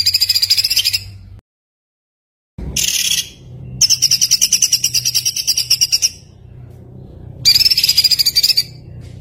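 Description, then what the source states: White-eye song: high, fast, buzzy trills in several separate bursts, with brief silences between them. Training recording of continuously singing (gacor) white-eye song with rapid bursts (tembakan).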